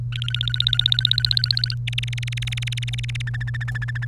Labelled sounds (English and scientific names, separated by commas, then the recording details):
Domestic Canary (Serinus canaria) song
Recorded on 30 April 2018 at 16:52
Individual llb3